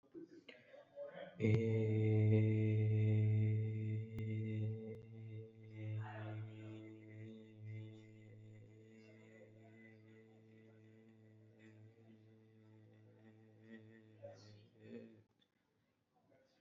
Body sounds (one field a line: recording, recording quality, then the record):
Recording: sustained vowel as in made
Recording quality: excellent, no background noise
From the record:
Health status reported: COVID-19 positive, mild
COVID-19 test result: positive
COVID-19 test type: RT-PCR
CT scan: not taken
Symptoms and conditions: cold, sore throat, fever, fatigue, muscle pain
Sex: male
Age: 26 years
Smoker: no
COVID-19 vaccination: both doses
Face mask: not worn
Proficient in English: yes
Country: India